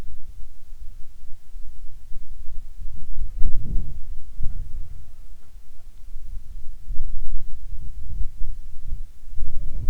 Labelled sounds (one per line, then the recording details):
wind
insects
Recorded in the Arctic National Wildlife Refuge, Alaska, on 7 July 2019 at 18:53
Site 41